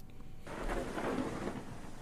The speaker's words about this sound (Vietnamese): Hôm đưa cụ ra đồng, trời đang nắng, tự nhiên mây đen kéo kín trời, rồi sấm sét nổi lên ầm ầm, cho đến khi trời đổ mưa.